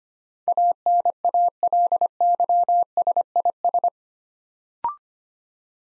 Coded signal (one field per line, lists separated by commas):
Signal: Morse code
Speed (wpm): 25 wpm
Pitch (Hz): 700 Hz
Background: none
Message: ANALYSIS